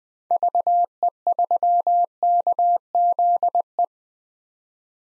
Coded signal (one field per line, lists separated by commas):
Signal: Morse code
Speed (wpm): 20 wpm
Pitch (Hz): 700 Hz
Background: none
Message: VE3KZE